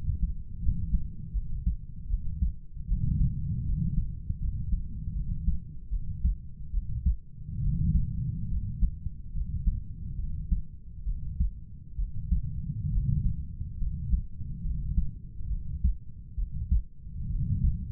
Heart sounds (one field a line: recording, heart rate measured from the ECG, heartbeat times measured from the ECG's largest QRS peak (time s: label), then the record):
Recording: heart sounds by stethoscope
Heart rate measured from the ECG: 72 bpm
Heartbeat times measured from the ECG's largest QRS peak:
0.61 s: heartbeat
1.33 s: heartbeat
2.09 s: heartbeat
2.87 s: heartbeat
3.65 s: heartbeat
4.40 s: heartbeat
5.14 s: heartbeat
5.90 s: heartbeat
6.72 s: heartbeat
7.61 s: heartbeat
8.50 s: heartbeat
9.34 s: heartbeat
10.17 s: heartbeat
11.05 s: heartbeat
11.97 s: heartbeat
12.91 s: heartbeat
13.79 s: heartbeat
14.63 s: heartbeat
15.49 s: heartbeat
16.36 s: heartbeat
17.29 s: heartbeat
From the record:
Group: healthy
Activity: rest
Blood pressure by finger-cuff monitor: 106/48 mmHg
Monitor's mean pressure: 61 mmHg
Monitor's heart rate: 72 bpm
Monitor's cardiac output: 6.8 L/min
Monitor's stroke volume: 96 mL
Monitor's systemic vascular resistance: 630 dyn s/cm5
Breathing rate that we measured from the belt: 13 breaths a minute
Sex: male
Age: 25 years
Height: 170 cm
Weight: 70.4 kg